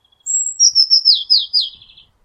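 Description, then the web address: Eurasian blue tit giving one call: a sustained thin high note, then a rapid rolling series of lower notes that gently descend. "cianscape birddata Deverinetal 2025 File origin Bird Only Cy Ca"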